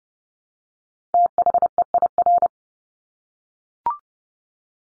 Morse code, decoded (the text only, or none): THEIR